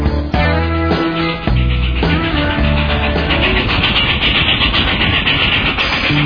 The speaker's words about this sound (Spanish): El tren está llegando.